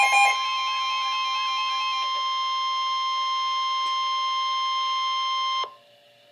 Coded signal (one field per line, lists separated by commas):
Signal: Emergency Alert System (SAME) tones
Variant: 1050 Hz attention tone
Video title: Flood Warning (EAS #102)-NOAA